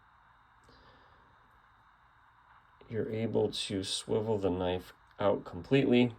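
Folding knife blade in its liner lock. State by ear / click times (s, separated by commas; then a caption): not seated / none. The steel blade of a 1930s Case Tested folding hunting knife with stag handles is swiveled fully out after its liner lock is released, under a steady low hum while someone talks. The blade swings open, but nothing has clicked or locked into place yet.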